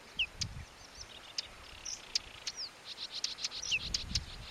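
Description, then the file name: Whinchat song of thin high chirps and short slurred downward notes scattered throughout, mixed with sharp dry clicks and brief low rumbles. "Ruslan Mazuryk - Whinchat (Saxicola rubetra)"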